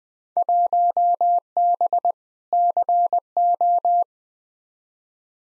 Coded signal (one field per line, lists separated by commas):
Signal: Morse code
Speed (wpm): 20 wpm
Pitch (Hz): 700 Hz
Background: none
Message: 1B CO